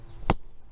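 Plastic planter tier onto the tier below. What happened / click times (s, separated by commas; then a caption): A plastic planter tier knocks down and seats on the tier below / 0.3 s. A plastic GreenStalk planter tier is pounded down onto the tier below. One sharp knock is heard at 0.3 s as it seats fully in place, which makes it stable.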